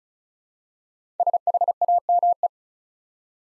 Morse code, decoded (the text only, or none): SHAME